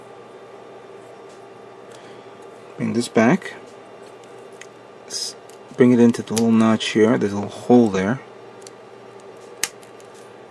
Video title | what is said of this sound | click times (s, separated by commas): *GundamModels* 1/100 MG Dark Hound - Part 3 | till it snaps into place | 9.6 s